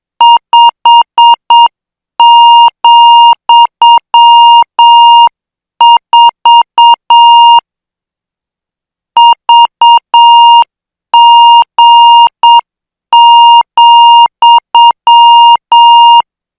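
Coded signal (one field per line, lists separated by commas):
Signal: Morse code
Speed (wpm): 7 wpm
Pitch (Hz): 940 Hz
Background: none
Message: 5,4 VG,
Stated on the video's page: Morse practice of international five-character code groups at 8 words per minute.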